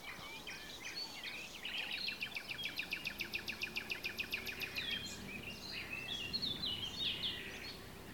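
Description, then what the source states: Birds: a long run of rapid repeated clicking notes lasting several seconds, surrounded by other chirps and twitters, with steady background noise. Recorded at Comacchio lake.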